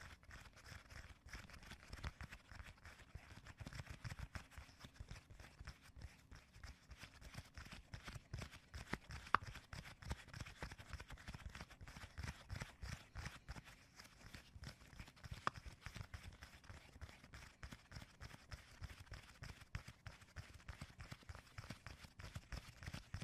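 Dense, irregular tapping and scratching continues throughout, with quick dry clicks and soft thuds, and two sharper taps near nine and fifteen seconds.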